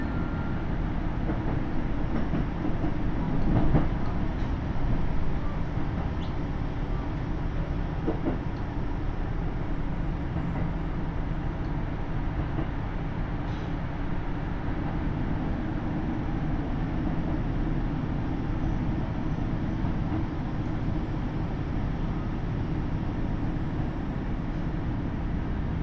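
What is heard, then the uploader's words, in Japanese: A KiHa 75 diesel railcar running from Mino-Ota to Tajimi gives a steady low rumble and rattle, with faint high whines around six and twenty seconds. 耳で楽しむ鉄道旅 太多線 美濃太田→多治見キハ75。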